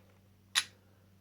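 During field stripping of a Glock pistol, fingers wrapped over the top of the steel slide squeeze and pull it back a short way on the frame. A single sharp, bright click sounds at 0.6 s over a quiet, steady low hum. The slide clicks into position.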